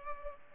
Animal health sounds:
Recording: mosquito wingbeat signal from an infrared sensor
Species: Culex pipiens

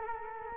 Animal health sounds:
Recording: mosquito wingbeat signal from an infrared sensor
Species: Culex quinquefasciatus

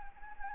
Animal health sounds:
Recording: mosquito wingbeat signal from an infrared sensor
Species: Anopheles gambiae

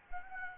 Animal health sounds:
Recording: mosquito wingbeat signal from an infrared sensor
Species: Anopheles gambiae

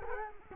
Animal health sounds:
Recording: mosquito wingbeat signal from an infrared sensor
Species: Culex quinquefasciatus

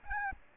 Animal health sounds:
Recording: mosquito wingbeat signal from an infrared sensor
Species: Aedes albopictus

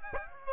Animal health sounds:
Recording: mosquito wingbeat signal from an infrared sensor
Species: Aedes aegypti

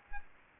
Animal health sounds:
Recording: mosquito wingbeat signal from an infrared sensor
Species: Aedes aegypti

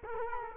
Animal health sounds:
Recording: mosquito wingbeat signal from an infrared sensor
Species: Culex quinquefasciatus

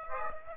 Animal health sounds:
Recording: mosquito wingbeat signal from an infrared sensor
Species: Aedes aegypti

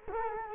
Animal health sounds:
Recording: mosquito wingbeat signal from an infrared sensor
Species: Culex quinquefasciatus

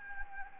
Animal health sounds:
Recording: mosquito wingbeat signal from an infrared sensor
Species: Anopheles gambiae

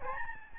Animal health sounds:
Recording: mosquito wingbeat signal from an infrared sensor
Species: Aedes albopictus

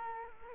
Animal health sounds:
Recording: mosquito wingbeat signal from an infrared sensor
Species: Culex quinquefasciatus

